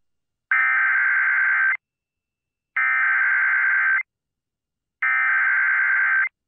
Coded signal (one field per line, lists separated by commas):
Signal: Emergency Alert System (SAME) tones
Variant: header bursts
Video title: Flash Flood Warning on WBAP 820 (EAS #13629) 10/27/23